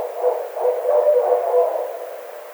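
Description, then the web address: Barred owl in a short burst of loud, low hooting notes that fade away over the final second. Recorded 9 April 2009. "Barred Owl 2009 04 09"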